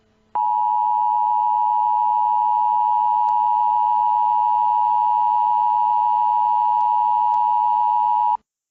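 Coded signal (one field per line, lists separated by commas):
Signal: Emergency Alert System (SAME) tones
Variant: 853 and 960 Hz attention tone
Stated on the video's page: Fictional EAS scenario depicting an attack on Minneapolis; simulated alert.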